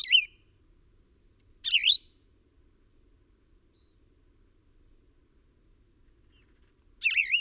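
Bird song with three squeaky wavering chirps: two early ones about one and a half seconds apart, then a long pause before the third.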